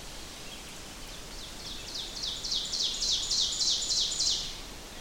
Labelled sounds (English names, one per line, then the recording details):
Ovenbird song
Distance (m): 40 m
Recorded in boreal forest in Alberta, Canada, on 6 June 2016 at 07:52
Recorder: SongMeter 3, array SBT-3-51
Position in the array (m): 228 m, 155 m
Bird 28